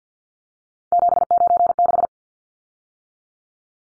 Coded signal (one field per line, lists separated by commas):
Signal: Morse code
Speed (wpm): 50 wpm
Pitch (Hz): 700 Hz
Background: none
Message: 796